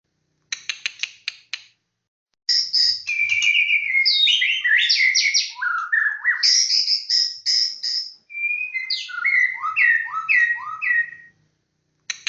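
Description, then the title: White-rumped shama song with a few sharp clicks, a pause, then a long varied run of swooping whistles, rising and falling slurs and ringing notes. "murai batu"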